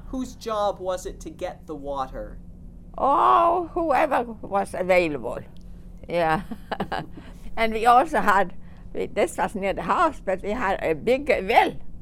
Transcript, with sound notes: Whose job was it to get the water?
Oh, whoever was available, yeah. ( she laughs ) And we also had, this was near the house, but we had a big well.